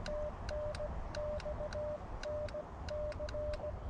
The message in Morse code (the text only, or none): TNX NC